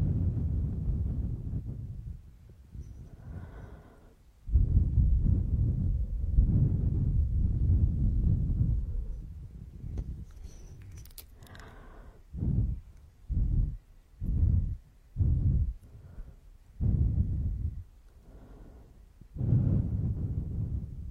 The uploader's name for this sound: The sound of breathing and gasping